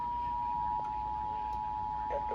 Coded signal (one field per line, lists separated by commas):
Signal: Emergency Alert System (SAME) tones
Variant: 853 and 960 Hz attention tone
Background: speech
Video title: MARCH MADNESS* (*EXCEPT ITS RMTS) - NC Tornado Drill/Required Monthly Test (03/09/2022) - EAS #32-37